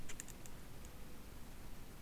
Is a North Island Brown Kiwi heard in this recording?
no